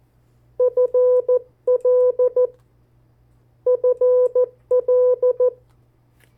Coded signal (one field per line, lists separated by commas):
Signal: Morse code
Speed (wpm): 14 wpm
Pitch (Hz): 500 Hz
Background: none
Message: FL FL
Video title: 50 State Abbreviations, Variable speeds, in CW Video #4